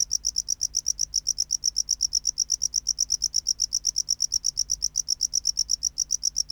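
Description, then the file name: Tropical house cricket song: a steady run of high, clean chirps, repeating evenly without pause throughout. "Bio Acoustica. Gryllodes sigillatus"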